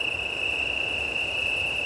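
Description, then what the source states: Italian tree cricket chorus, a short steady trilling tone over low wind noise. Chorus of many Italian tree crickets at start of night, 20:35 on 18 September 2019, Plateau de Lesches en Diois, Drôme, France; windy; recorded with Nomad six-track recorder and MKH8020 microphones.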